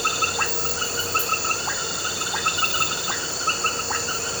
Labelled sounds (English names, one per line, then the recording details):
none
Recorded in pastures near Puerto Asís, Putumayo, Colombia, on 4 March 2025 at 21:30
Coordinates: 0.466, -76.322
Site CSA-02